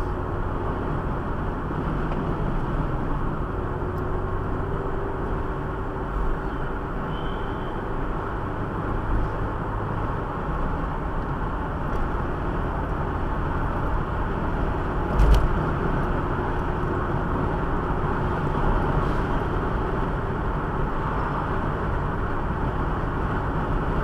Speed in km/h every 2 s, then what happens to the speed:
69, 69, 71, 76, 77, 78, 81, 84, 86, 88, 88, 88.
0-18 speeds up to 88. 18-24 steady at about 88.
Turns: none.